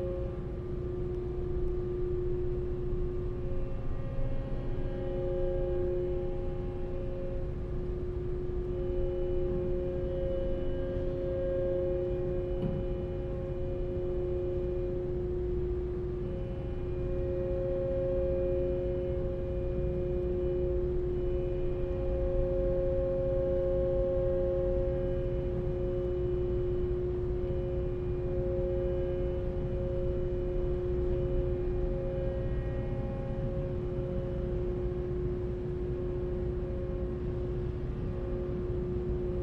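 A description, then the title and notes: Aboard the Seattle–Bainbridge Island ferry, a steady deep engine rumble runs throughout, topped by a constant humming tone that swells slightly at times. A days' worth of round-trips on the Seattle-Bainbridge Island Ferry, nearly all short fore-and-aft from then passenger and car decks.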